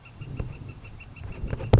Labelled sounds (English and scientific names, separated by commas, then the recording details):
Northern Flicker (Colaptes auratus)
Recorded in Sonoma County, California